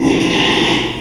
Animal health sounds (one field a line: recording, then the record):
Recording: squeal of a Yucatan mini pig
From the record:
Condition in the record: after surgery on the right vocal fold (resection and tissue-engineered implant)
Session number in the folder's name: 1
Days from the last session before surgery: 6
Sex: male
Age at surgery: 12 weeks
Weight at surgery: 13 kg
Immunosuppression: cyclosporine, prednisolone